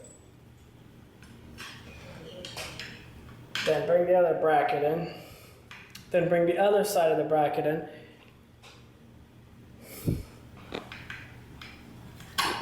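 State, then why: Not seated. The other side of a ceiling fan's metal mounting bracket is brought in by hand, with its metal tab headed for the slot in the mounting bracket. Someone talks over light handling noise, followed by a few short metallic taps and knocks near the end. Nothing has seated or clicked into place yet.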